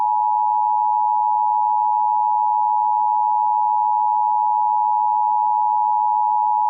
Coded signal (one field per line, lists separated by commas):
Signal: Emergency Alert System (SAME) tones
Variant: 853 and 960 Hz attention tone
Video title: WBAP Activates the AMBER Alert Network (With EAS/Edis Siren) Dallas, Texas